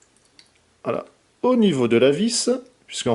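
A small plastic/die-cast accessory part is fitted onto a Soul of Chogokin GX-09 Minerva X collectible robot figure, giving a few faint ticks before it snaps into its slot with a sharp click at 0.4 s. Someone then talks.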